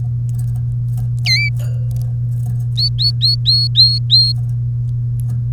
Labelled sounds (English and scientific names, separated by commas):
Domestic Canary (Serinus canaria) song